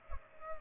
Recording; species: mosquito wingbeat signal from an infrared sensor; Culex pipiens